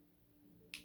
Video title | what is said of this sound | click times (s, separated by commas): This transformation sucks: Victory-Leo: TG Legacy Haslab: Blindformers 107 | there it is nice and made a little click noise | 0.7 s